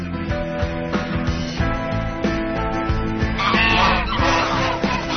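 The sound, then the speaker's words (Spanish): A flock of geese honking repeatedly in loud, overlapping nasal calls, growing more agitated and dense toward the end, with no voices present. “¿Qué les pasa a esos patos? Querían atacarme. Eso no son patos, son ocas.”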